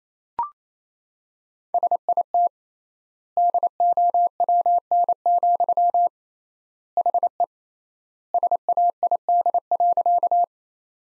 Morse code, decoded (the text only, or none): SIT DOWN, HE SAID.